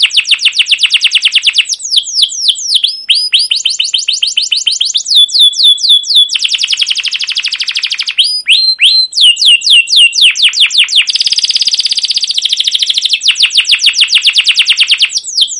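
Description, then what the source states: Canary song, loud and continuous: rapid downward-sweeping whistled notes in quick runs, switching between phrases with buzzy rolled trills in between. Song used as a lure (pancingan) to train other canaries; long continuous singing with cuit-cuit notes and rolling (ngerol) passages.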